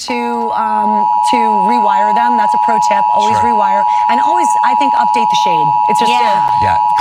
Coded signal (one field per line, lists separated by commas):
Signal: Emergency Alert System (SAME) tones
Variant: 853 and 960 Hz attention tone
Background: speech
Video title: Week of 03/15/2026 EAS Capture 732-753